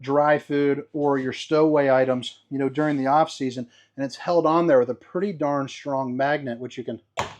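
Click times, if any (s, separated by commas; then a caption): 7.2 s. A man talks while a pantry cabinet door in the kitchen of a 2025 Crusader 295BHS RV is pushed shut onto its strong magnetic catch. At 7.2 s a single sharp click sounds as the door snaps closed and is held by the magnet.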